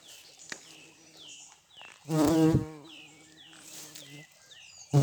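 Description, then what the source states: Bumblebee wingbeat hum, steady and low, swelling briefly into a louder burst midway, while small birds give thin descending chirps in the background. Bumblebees in flight.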